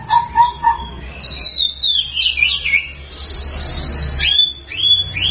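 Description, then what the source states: White-rumped shama song: clear whistled notes, a warbled run, then rising and falling slurred whistles, with a faint low hum behind. Actively singing (gacor) bird, used as a lure to make birds respond at once.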